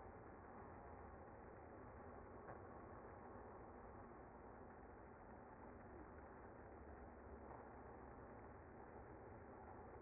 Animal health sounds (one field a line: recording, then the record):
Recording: honeybee colony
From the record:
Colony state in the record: active